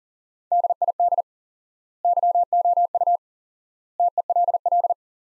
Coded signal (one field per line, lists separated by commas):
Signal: Morse code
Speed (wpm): 40 wpm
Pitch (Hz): 700 Hz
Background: none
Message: DID YOU TELL